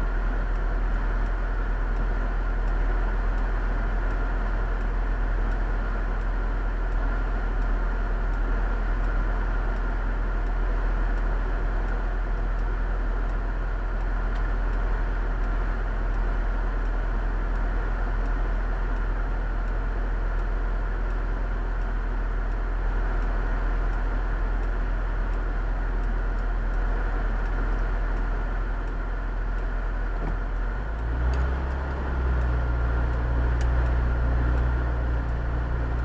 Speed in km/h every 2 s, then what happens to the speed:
0, 0, 0, 1, 2, 2, 2, 2, 3, 2, 2, 2, 2, 2, 1, 1, 3, 6.
0-31 standing.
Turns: none.